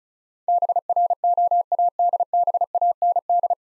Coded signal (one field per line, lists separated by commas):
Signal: Morse code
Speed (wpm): 36 wpm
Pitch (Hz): 700 Hz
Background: none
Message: BROADBAND